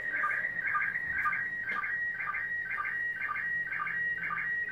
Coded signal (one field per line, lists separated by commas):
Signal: SSTV (slow-scan television)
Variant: PD 120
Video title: Last decode of SSTV from International Space Station on Icom IC R-8500 receiver